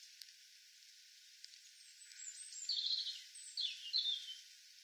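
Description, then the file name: European robin song, soft and quiet: high tinkling phrases in the second half over a steady background hiss. "Erithacus rubecula"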